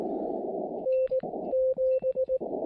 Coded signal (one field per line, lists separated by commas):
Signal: Morse code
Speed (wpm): 17 wpm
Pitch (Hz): 520 Hz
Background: radio noise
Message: N7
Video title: POTA by Lantern Light: CW and SSB with my Elecraft KX3 & a simple Tufetln random wire antenna